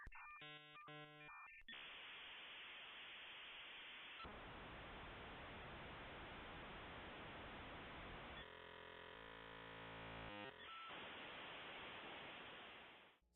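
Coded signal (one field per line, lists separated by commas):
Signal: dial-up modem handshake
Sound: quick tone bursts, then loud hiss, a buzzy striped stretch, a short beep, hiss again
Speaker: So that is how people connect to the internet from the early 90s to even the early 2000s.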